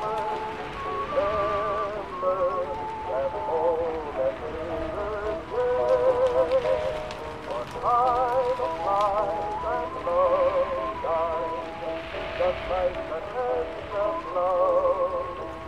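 Oldies play in another room, a wavering sung melody over muffled backing, while rain hisses steadily underneath throughout.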